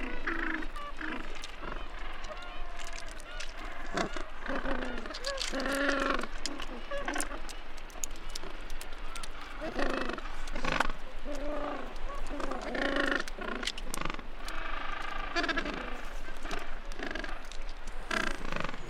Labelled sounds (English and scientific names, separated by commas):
Gentoo Penguin (Pygoscelis papua) call